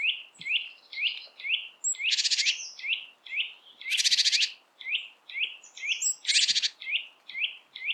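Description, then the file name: Great tit calls: a steady run of short chirping notes interspersed with three loud rasping churrs. "Parus major"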